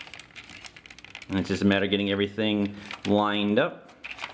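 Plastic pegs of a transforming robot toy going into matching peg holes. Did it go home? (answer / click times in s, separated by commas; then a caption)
no / none. Someone handles the plastic parts of a Reformatted R-23 Dicamus (IDW Roadbuster) transforming robot toy, lining up its vehicle-mode pegs with their matching peg holes. Soft plastic ticks and crinkly handling noises come before and after someone talks. Nothing has seated or clicked into place yet.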